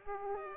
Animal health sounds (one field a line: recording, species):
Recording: mosquito wingbeat signal from an infrared sensor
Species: Aedes aegypti